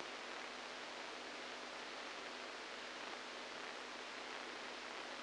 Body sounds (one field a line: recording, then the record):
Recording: brain microelectrode recording played as sound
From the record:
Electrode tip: outside the subthalamic nucleus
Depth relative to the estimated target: -6 mm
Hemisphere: right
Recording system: NeuroSet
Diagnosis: Parkinson's disease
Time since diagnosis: 7 years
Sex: male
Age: 69 years